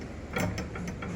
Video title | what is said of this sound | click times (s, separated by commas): Honeymoon Gone Wrong 😳💔 - Kerala Day 1 - Ghabrat Bayko vs Adventurous Navra | असं lock होऊन जातं. | 0.4 s, 0.6 s, 0.8 s, 0.9 s, 1.0 s